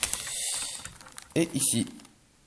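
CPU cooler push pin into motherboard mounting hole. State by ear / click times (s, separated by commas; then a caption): not seated / none. A CPU cooler push pin is handled at its mounting hole in a motherboard, the last remaining pin about to be pressed home. Short sharp clicks and rattles of handling are heard early, with someone talking briefly later. Nothing has seated or clicked into place yet.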